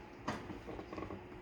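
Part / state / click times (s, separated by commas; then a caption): press lid into tofu press body / not seated / none. The lid of a tofu press is handled as it is pushed down onto the tofu curd toward its lowest position, giving a sharp knock at about 0.3 s followed by soft creaking and rubbing. Nothing has seated or clicked yet.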